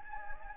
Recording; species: mosquito wingbeat signal from an infrared sensor; Anopheles gambiae